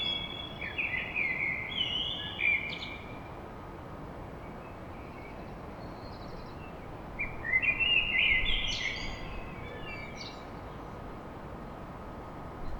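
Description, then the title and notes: Common blackbird singing a warbled phrase with a twittering end, a pause of several seconds, then another mellow phrase, against a constant background hum. Blackbird song at dawn in Paris. "Blackbird Poetry At Paris. Enregistrement d'un chant de merle à l'aube dans Paris"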